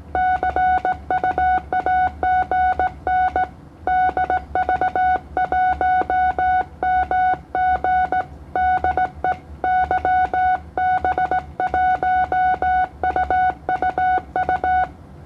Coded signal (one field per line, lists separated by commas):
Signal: Morse code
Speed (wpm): 17 wpm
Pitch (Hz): 740 Hz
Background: none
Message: CUAGN DV1MG DE YB1UUU